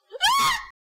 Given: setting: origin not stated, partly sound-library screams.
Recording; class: one-second piece from a danger detection set; woman in danger